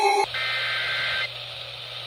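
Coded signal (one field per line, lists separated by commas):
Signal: Emergency Alert System (SAME) tones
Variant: header bursts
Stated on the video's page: Weekly test tones received on a 1020 kHz AM broadcast station.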